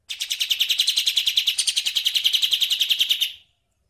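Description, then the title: Bird song made of a rapid, even series of piercing, high chirps that hold steady for over three seconds, then stop suddenly. Masteran recording, played to train songbirds. "Suara masteran Burung"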